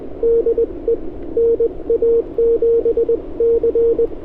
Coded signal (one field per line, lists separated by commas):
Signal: Morse code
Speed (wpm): 19 wpm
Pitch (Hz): 500 Hz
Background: radio noise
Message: DE NA7C